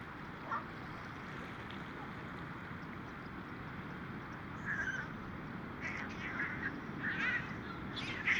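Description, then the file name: Mediterranean gull calls: a few nasal cries, mostly in the second half, over a constant rushing background. First-winter and adult birds calling. "Mediterranean Gull Calls Of First Winters And Adults"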